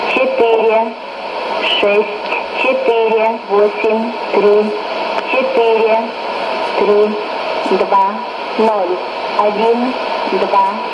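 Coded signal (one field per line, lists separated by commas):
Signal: numbers station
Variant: S06s, Russian female voice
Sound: a woman's voice reading short, evenly spaced words, likely Russian numbers, over shortwave hiss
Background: radio static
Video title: 02 08 2017 Numbers station S06s Russian Lady in Russian to Eu 0834 on 11565 unknown tx site in CUSB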